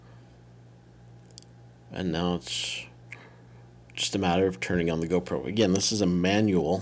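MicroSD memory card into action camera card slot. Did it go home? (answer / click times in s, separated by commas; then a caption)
yes / 1.4 s. A microSD memory card is pushed down into a GoPro action camera's card slot until the spring latch catches and it seats, with a short, sharp click at 1.4 s. Someone then talks over a low background hum.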